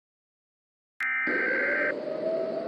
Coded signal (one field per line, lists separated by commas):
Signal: Emergency Alert System (SAME) tones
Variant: header bursts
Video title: EAS Scenario/Mock #2 - Black Hole Approach